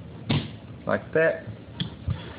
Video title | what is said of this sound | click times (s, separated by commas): 1911 Field Strip + Mainspring Housing Disassembly | and then you might need to drive it in the rest of the way and you'll kind of hear it click in like | 0.3 s